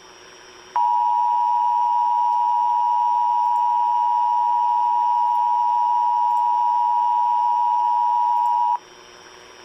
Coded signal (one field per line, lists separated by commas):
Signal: Emergency Alert System (SAME) tones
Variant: 853 and 960 Hz attention tone